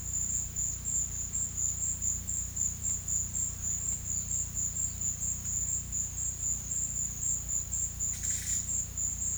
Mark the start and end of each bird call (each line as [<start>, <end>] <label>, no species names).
[8.10, 8.70] bird call